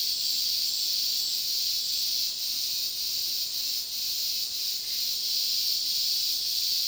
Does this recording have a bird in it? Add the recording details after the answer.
no. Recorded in dense forest near Puerto Asís, Putumayo, Colombia, on 19 February 2024 at 12:00. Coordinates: 0.466, -76.327. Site G6413